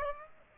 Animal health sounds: mosquito wingbeat signal from an infrared sensor; Aedes aegypti

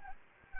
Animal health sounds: mosquito wingbeat signal from an infrared sensor; Anopheles gambiae

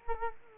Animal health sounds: mosquito wingbeat signal from an infrared sensor; Culex quinquefasciatus

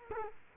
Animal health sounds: mosquito wingbeat signal from an infrared sensor; Culex quinquefasciatus

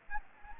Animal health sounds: mosquito wingbeat signal from an infrared sensor; Anopheles gambiae

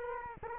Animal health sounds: mosquito wingbeat signal from an infrared sensor; Culex quinquefasciatus

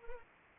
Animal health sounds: mosquito wingbeat signal from an infrared sensor; Anopheles arabiensis

